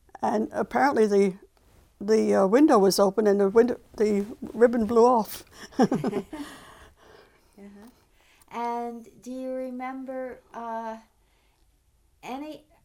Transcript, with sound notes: And apparently the, the window was open and the window, the ribbon blew off. (they laugh)
And do you remember any,